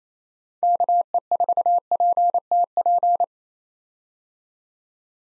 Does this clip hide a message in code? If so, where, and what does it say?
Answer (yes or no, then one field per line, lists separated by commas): yes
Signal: Morse code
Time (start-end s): 0.6-3.2 s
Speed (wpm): 28 wpm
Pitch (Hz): 700 Hz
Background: none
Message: KE4PTP